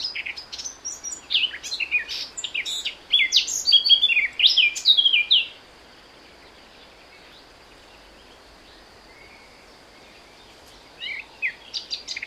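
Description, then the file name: Eurasian blackcap song: a hurried chattering warble building into loud, clear fluted phrases for about five seconds, silence, then a brief burst of notes returning at the end. "Sylvia atricapilla"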